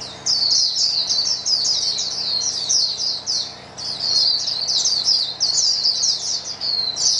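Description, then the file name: White-eyes chattering in a dense, high twittering chorus of quick chirps, with a faint low hum underneath throughout. A chorus of many white-eyes singing together. "paduan suara pleci"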